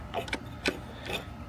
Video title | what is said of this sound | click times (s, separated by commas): Stop Skimming Your Pool by Hand! Easy Upgrade for Above Ground Pools | So that just gets pinched in like that. It'll snap into place. | 0.3 s, 0.7 s